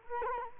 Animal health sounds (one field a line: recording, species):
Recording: mosquito wingbeat signal from an infrared sensor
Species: Culex quinquefasciatus